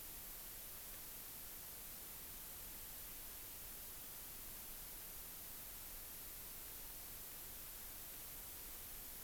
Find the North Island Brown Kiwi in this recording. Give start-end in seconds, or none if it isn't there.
none